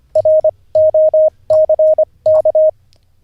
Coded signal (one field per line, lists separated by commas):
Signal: Morse code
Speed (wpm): 25 wpm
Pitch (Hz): 620 Hz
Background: none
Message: ROCK